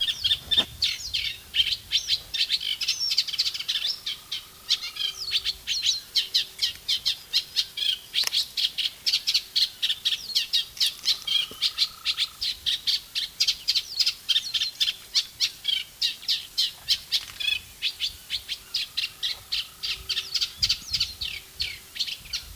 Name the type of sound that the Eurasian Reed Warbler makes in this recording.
song